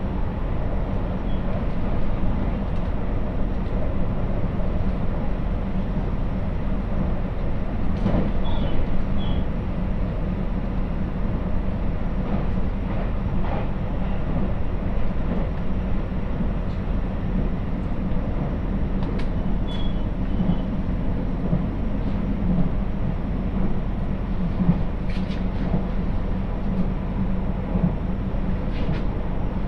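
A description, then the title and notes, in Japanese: A train ride on the Muroran Main Line, heard as a steady, dense low rumble from the running train that holds level throughout. Faint clicks and brief rattles surface now and then, around 8, 14, 20 and 25 seconds, over the continuous hum. 耳で楽しむ鉄道旅 室蘭本線 小幌→洞爺。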